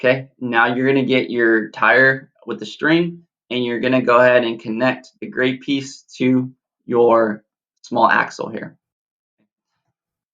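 Someone talks while getting a toy tire with a string ready and starting to connect a gray plastic connector piece onto a small plastic axle of the tire swing. Speech fills most of the clip until about 8.7 seconds, then it goes quiet. Nothing has seated or clicked yet; the piece is not yet pushed home.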